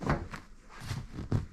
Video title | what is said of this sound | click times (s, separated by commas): Supra MK4 fuel system complete | So, that's it locked into place there. | 0.1 s